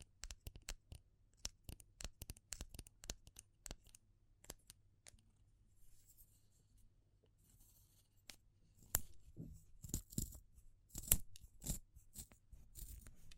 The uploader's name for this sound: Natural Triggers Wood, Bamboo and Straw